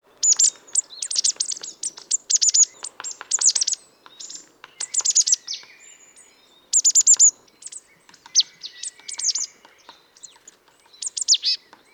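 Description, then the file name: Marsh tit calls: clusters of sharp, high chirping notes, some buzzy, given in repeated bursts with quiet gaps between. "Poecile palustris"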